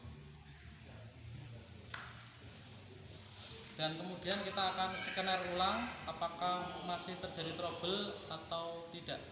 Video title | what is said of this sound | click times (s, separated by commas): PEMERIKSAAN EFI | sampai terjadi bunyi klek. | 1.9 s